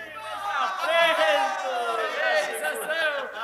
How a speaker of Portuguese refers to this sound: Quando aqueles inimigos viram Sansão se aproximando, gritaram de alegria.